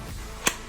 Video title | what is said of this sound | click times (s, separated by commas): NEW Walther PDP F-Series Review | Again, nice click, same adjustable retention, same tall | 0.5 s